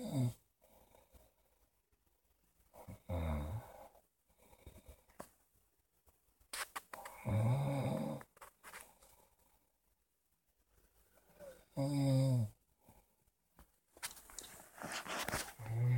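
Low, rumbling, buzzing snores recur about every four to five seconds, roughly 13 a minute, with quiet breathing between them. This is ordinary snoring: tissue of the upper airway vibrating during sleep.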